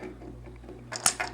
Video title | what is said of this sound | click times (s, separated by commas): Transformers ROTF: Voyager Mixmaster - SSJ Reviews 137 | It'll snap in place, and that's where you can see the base of the | 1.1 s